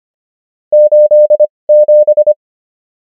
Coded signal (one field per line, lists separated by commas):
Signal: Morse code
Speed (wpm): 25 wpm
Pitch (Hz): 600 Hz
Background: none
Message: 87